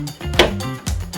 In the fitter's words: and you'll hear it click into place